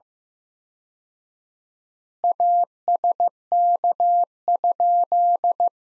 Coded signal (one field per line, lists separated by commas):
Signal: Morse code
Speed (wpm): 15 wpm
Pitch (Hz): 700 Hz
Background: none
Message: ASK?